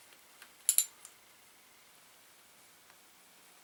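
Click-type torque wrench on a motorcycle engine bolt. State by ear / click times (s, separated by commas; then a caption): torque reached / 0.7 s. A click-type torque wrench tightens a bolt on a Yamaha TDM850 motorcycle engine to the factory specification. The wrench breaks over with a sharp, loud click at 0.7 s, followed closely by a second sharp snap at 0.8 s, amid a few faint ticks and quiet background. The wrench has clicked, so the bolt has reached its set torque.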